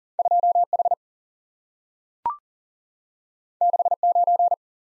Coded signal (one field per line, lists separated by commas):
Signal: Morse code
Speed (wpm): 40 wpm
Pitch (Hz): 700 Hz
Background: none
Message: 2 H 6 9